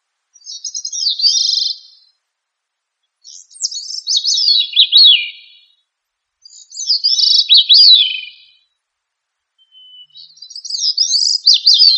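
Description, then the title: Thrush song: four warbled phrases of rapid up-and-down notes, separated by short pauses, the last cut off; no other sounds. "Familia Turdidae - Sabia"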